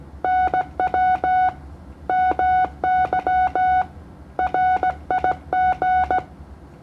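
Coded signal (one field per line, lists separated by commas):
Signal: Morse code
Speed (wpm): 16 wpm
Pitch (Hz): 740 Hz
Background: none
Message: NW MY RIG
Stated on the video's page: CW DX contact on the 15m band (21 MHz) between Indonesia and the Philippines at 20 watts.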